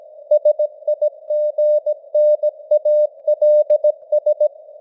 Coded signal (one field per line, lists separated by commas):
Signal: Morse code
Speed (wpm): 17 wpm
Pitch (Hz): 600 Hz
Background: none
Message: SIGNALS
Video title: Morse Code News | 2025-10-18 | 17wpm